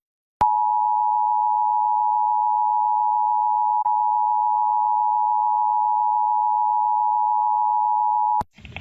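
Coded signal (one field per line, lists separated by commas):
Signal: Emergency Alert System (SAME) tones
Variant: 853 and 960 Hz attention tone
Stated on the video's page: Law enforcement warning on WDPN-DT1 about a reverse 911 for the entire state of Delaware.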